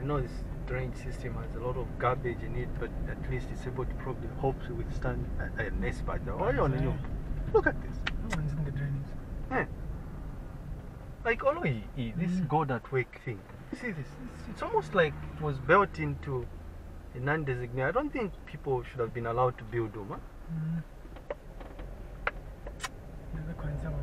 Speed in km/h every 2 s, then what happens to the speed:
18, 21, 21, 19, 16, 9, 2, 4, 5, 5, 5, 9.
0-7 steady at about 19. 7-12 slows to 2. 12-20 steady at about 5.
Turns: none.